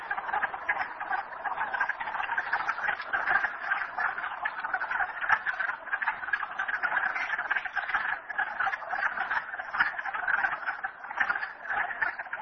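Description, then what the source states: Frog chorus heard as a constant dense layer of overlapping trills, pulsing steadily for the whole stretch. Frogs at Merryspring.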